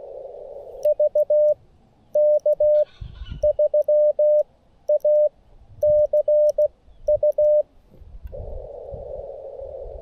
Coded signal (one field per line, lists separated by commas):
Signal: Morse code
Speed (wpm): 16 wpm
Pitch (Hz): 600 Hz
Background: none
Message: VK3ACU